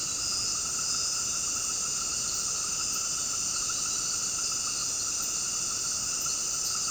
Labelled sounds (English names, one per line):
none